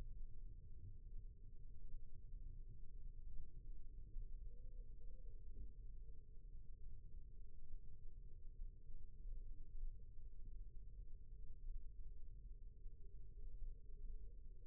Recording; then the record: forearm muscle sounds (acoustic myography)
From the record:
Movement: rest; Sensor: system 1, eight BSWA MPA416 microphones around the upper forearm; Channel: 3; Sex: male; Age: 20 years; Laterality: left